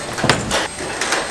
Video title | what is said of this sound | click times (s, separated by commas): Moja Ti - Beneteau Oceanis 48 Checkin | platform reached the top push down to lock into place to | 0.3 s